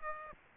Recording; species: mosquito wingbeat signal from an infrared sensor; Aedes aegypti